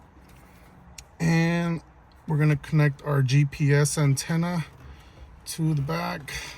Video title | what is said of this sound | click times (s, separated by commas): Pioneer DMH-W2700NEX Stereo and ND-BC8 backup camera install on 15 Scion tC | you're gonna hear a click | 1.0 s